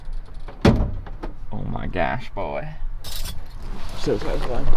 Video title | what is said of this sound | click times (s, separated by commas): THE SILVERADOS REPLACEMENT... (plus a trailer) | and so but now it's so satisfying click | 0.6 s